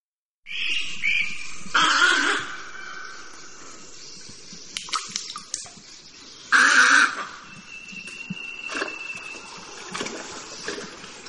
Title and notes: Llamado de la garcita nívea (Egretta thula). de la Biblioteca Macaulay del Laboratorio de Ornitología de la Universidad de Cornell